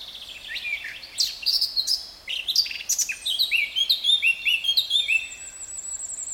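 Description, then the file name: Eurasian blackcap song, a hurried jumble of rattling, squeaky notes that turns into a loud series of clear, flute-like whistles. "Sylvia atricapilla"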